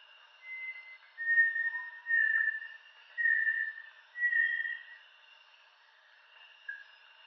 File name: Bartlett's tinamou